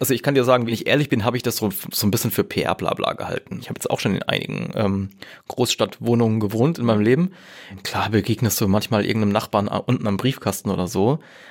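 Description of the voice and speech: A man speaks conversational German at an easy pace with a low, steady voice, a few short pauses and filler sounds like "äh" and "ähm". Ordinary fluent speech from one speaker, with slight creak at phrase ends and no sign of a voice or speech disorder.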